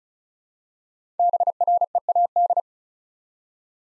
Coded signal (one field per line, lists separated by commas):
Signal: Morse code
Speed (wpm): 36 wpm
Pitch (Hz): 700 Hz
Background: none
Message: BREAD